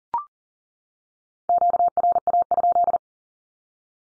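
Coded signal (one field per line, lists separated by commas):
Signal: Morse code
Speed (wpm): 40 wpm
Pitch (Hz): 700 Hz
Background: none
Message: QRA?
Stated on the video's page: Morse Q-code drill at 40wpm, each code sent, then spoken, then sent again.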